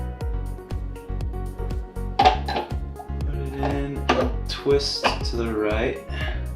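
A grinding auger assembly on a SiFENE vertical cold press slow masticating juicer is twisted to the right toward the plastic juicer base housing, where it is meant to lock into place, while someone talks over background music. One sharp hit stands out around 2.2 s, off the beat of the music. The grinder has not locked or seated yet when the clip ends.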